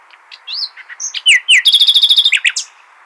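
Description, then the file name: Common nightingale phrase of slurred whistles building into a rapid, even series of repeated high notes, ending with a few chirps. "Luscinia megarhynchos"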